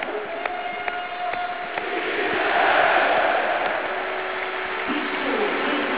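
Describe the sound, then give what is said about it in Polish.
A standing crowd at the National Stadium in Warsaw applauds footballer Łukasz Piszczek's farewell during the Poland vs Slovenia Euro 2020 qualifier, 19 November 2019: a dense, steady wash of clapping and cheering that swells toward the middle, with a few sustained horn-like tones sounding early on. “Dziękujemy Ci, Łukasz, i my także pijemy brawo.”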